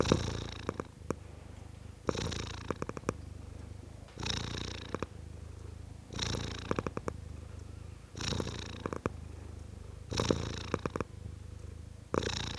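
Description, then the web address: Domestic cat purring, a steady low rumble swelling into a louder, rougher burst roughly every two seconds. Male (tom) cat, purring. "The BBC Sound Effects Library. Tom Cat, Purring"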